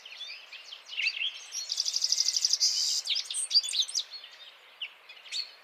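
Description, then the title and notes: Citril finch song with a fast buzzy rattle in the middle, framed by high twittering chirps from several overlapping singers. Males singing in a flock before females, end of winter, 17 March 2017, Vallon de Combeau, Drôme, France, mountains; recorded with Nagra Seven and Telinga P7. "Printemps de Venturon. 17 mars 2017-Vallon de Combeau - Drôme. le chant du Venturon montagnard ( Serinus citrinella)"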